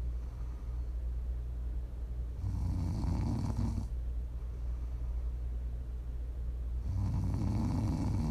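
Two rough, rumbling inhaled snores about four seconds apart over a steady low background hum.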